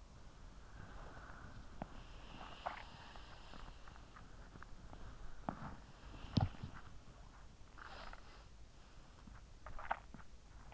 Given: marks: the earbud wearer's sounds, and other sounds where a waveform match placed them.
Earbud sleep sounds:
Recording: sounds in sleep by an in-ear microphone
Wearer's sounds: body movement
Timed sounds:
0.00-10.74 s: body movement

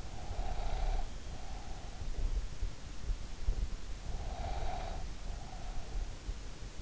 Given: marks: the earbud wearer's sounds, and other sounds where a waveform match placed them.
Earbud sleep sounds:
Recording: sounds in sleep by an in-ear microphone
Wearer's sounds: breath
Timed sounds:
0.00-2.55 s: breath
4.07-6.56 s: breath

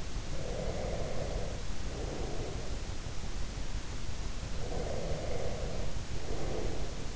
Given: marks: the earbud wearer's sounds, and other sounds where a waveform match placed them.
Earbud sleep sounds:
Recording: sounds in sleep by an in-ear microphone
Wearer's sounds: breath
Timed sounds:
0.26-2.96 s: breath
4.48-7.16 s: breath

